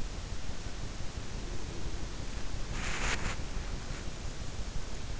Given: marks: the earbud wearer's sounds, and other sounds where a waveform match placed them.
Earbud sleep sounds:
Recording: sounds in sleep by an in-ear microphone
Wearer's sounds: body movement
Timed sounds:
1.16-4.21 s: body movement

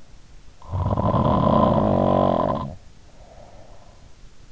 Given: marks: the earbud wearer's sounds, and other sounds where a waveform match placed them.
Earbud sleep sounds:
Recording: sounds in sleep by an in-ear microphone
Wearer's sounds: snoring breath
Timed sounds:
0.59-4.21 s: snoring breath

